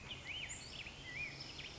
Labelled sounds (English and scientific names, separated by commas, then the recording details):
Black-headed Grosbeak (Pheucticus melanocephalus)
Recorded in Sonoma County, California